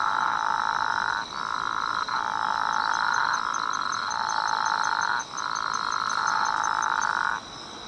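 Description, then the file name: Atlantic dwarf frog giving continuous buzzy croaks in drawn-out stretches separated by a few short gaps, ending abruptly near seven seconds, with a faint high ticking in the background. "Physalaemus atlanticus"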